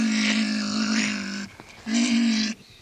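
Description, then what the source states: European pine marten making harsh, buzzy drawn-out cries, two long strained notes separated by a short pause, rough and nasal in tone. An individual pine marten named Berta.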